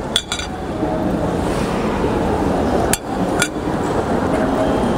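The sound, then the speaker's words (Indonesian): A spoon clinks against a dish in two quick pairs of sharp, bright taps, one pair at the start and another a few seconds later, over a steady wash of background noise. “Ada sendok nggak?”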